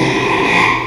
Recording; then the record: squeal of a Yucatan mini pig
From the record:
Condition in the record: after surgery on the right vocal fold (resection and tissue-engineered implant); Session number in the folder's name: 1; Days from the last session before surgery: 6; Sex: male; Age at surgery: 12 weeks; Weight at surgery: 13 kg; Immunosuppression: cyclosporine, prednisolone